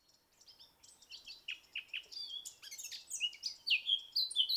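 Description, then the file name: Eurasian blackcap song starting with soft scratchy twitters, then building into louder, clear fluting phrases toward the end. "Sylvia atricapilla"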